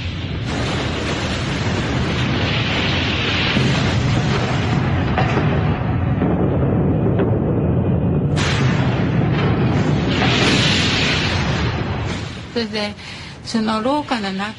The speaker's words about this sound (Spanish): En cuanto se produjo la explosión